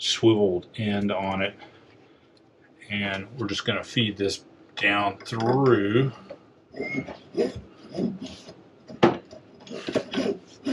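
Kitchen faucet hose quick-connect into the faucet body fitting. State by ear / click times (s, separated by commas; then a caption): seated / 9.0 s. Someone talks while the swiveled end of a galley kitchen faucet's supply hose is fed down through the mounting hole and pushed onto its quick-connect fitting on the faucet body. A sharp click at 9.0 s marks it seating into place, followed by a few softer handling knocks. A small downward tug confirms the connection holds.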